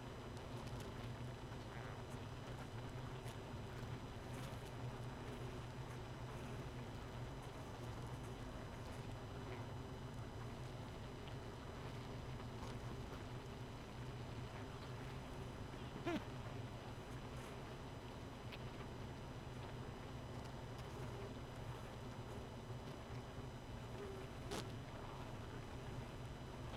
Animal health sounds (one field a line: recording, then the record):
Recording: honeybee colony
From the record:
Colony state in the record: missing queen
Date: 31 May 2018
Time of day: 0:04